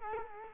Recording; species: mosquito wingbeat signal from an infrared sensor; Culex quinquefasciatus